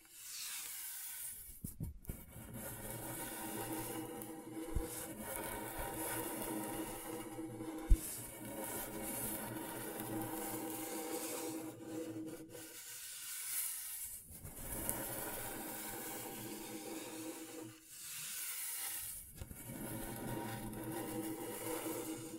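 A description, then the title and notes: Scratchboard being scraped in long, steady strokes, a dense hissy scratching that runs almost continuously with a bright, gritty top. Brief pauses break it near 2, 12.5 and 18 seconds, and a faint low hum sits underneath throughout. ASMR Brain Tingling Scratchboard (No Talking).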